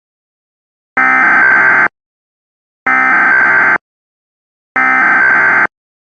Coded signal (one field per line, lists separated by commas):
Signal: Emergency Alert System (SAME) tones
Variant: header bursts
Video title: Simulación EAS - aviso de tornado para Brown, Wisconsin (¡con una nueva voz!)